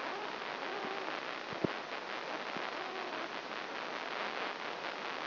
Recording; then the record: brain microelectrode recording played as sound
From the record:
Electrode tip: inside the subthalamic nucleus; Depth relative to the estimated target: -1 mm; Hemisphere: right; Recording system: AlphaMap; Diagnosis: Parkinson's disease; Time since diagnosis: 24 years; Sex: female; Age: 57 years